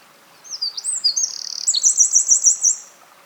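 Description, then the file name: Eurasian wren delivering one vigorous song: shrill sweeping whistles, a fast buzzy trill, then several ringing repeated notes, all very high and lasting about two and a half seconds. "Troglodytes troglodytes"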